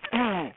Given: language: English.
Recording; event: throat vibration sensor signal played as sound; throat clearing